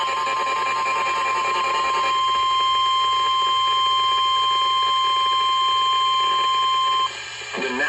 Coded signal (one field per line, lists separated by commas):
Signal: Emergency Alert System (SAME) tones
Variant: 1050 Hz attention tone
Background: speech